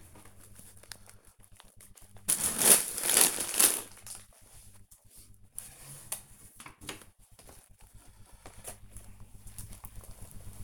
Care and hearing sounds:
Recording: household activities, microphone on the right wrist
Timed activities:
0.00-10.64 s: cleaning the cupboard

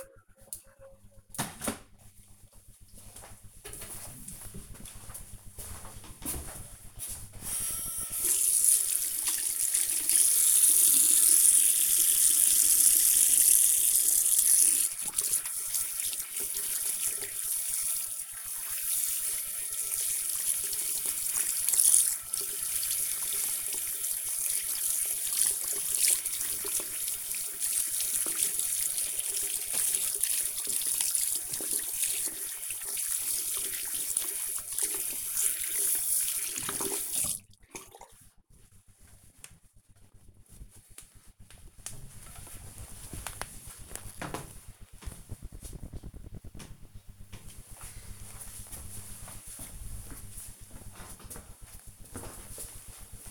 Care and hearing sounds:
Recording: household activities, microphone on the right wrist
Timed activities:
6.04-38.31 s: washing hands

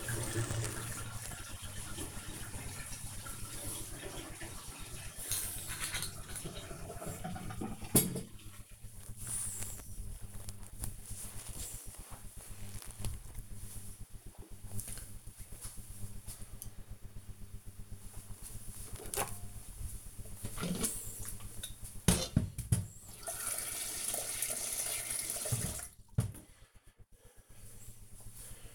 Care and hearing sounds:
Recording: household activities, microphone on the right wrist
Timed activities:
0.00-7.13 s: drinking
18.22-28.75 s: making tea

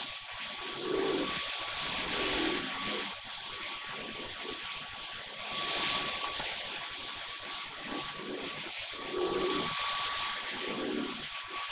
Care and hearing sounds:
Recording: household activities, microphone on the right wrist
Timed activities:
0.00-11.72 s: vacuum cleaning

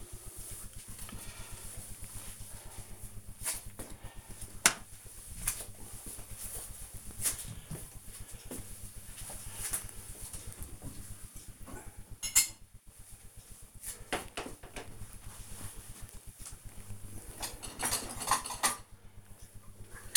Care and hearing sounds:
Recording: household activities, microphone on the right wrist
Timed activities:
0.00-3.47 s: cutting vegetables

